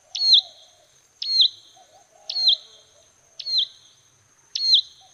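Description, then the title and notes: Bird singing short, bright whistled phrases that drop at the end, evenly repeated about every second above a steady high ringing tone and soft low background sounds. Birdsong recording intended for training pet birds to sing. "Suara Burung. Suara Kicauan Burung untuk memaster burung kesayangan"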